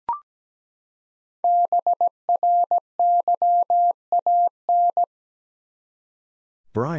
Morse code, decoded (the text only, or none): BRYAN